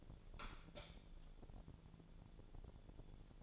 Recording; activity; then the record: daily activity, microphone in the room; light on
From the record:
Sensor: 5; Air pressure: 1000.2 hPa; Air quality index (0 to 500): 102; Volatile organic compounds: 1 ppm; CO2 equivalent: 828 ppm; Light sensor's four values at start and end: 257/611/262/291 and 258/614/263/293